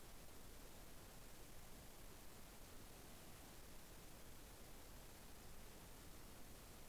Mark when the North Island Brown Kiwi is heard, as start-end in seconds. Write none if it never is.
none